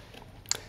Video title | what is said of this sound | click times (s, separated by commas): OpenROV - Sealing the tube and final wire management | it should snap right in so | 0.5 s